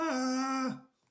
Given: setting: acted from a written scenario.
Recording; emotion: vocal sound without words; distress